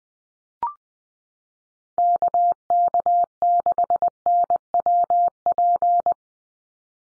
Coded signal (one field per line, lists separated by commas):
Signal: Morse code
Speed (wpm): 20 wpm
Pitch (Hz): 700 Hz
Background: none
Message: KK6NWP